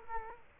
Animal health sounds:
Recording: mosquito wingbeat signal from an infrared sensor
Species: Culex quinquefasciatus

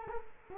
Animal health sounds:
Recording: mosquito wingbeat signal from an infrared sensor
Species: Culex quinquefasciatus

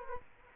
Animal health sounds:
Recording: mosquito wingbeat signal from an infrared sensor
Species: Culex quinquefasciatus

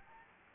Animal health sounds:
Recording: mosquito wingbeat signal from an infrared sensor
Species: Anopheles gambiae

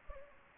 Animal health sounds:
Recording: mosquito wingbeat signal from an infrared sensor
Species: Anopheles arabiensis

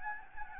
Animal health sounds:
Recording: mosquito wingbeat signal from an infrared sensor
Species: Anopheles gambiae

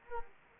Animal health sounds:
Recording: mosquito wingbeat signal from an infrared sensor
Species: Anopheles arabiensis

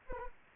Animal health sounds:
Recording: mosquito wingbeat signal from an infrared sensor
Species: Anopheles arabiensis

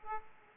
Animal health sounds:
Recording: mosquito wingbeat signal from an infrared sensor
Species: Aedes aegypti

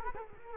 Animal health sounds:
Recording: mosquito wingbeat signal from an infrared sensor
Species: Culex quinquefasciatus

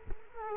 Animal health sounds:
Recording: mosquito wingbeat signal from an infrared sensor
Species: Culex quinquefasciatus

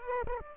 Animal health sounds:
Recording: mosquito wingbeat signal from an infrared sensor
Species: Aedes aegypti

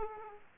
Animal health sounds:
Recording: mosquito wingbeat signal from an infrared sensor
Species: Aedes aegypti

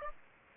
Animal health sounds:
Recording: mosquito wingbeat signal from an infrared sensor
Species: Aedes aegypti

